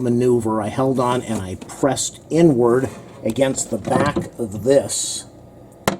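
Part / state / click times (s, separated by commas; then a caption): water filter cartridge in refrigerator filter housing / released / 5.9 s. Someone talks while holding the bottom part of a Frigidaire ULTRAWF water filter setup for leverage and pressing inward against the back of the plastic filter cartridge in the refrigerator filter housing. A sharp, brief pop is heard at 5.9 s as the cartridge releases and pops out of the housing.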